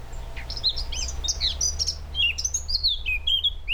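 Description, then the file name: Eurasian blackcap singing a fast run of clear, fluty whistled notes, some slurring downward, against a constant low hum. "Sylvia atricapilla"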